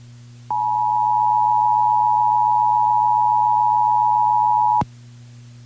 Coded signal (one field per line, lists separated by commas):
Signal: Emergency Alert System (SAME) tones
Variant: 853 and 960 Hz attention tone